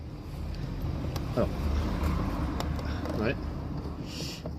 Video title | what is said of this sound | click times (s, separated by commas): Dacia Spring - La coque du rétroviseur extérieur | Et là, ça ne veut pas se clipser. | none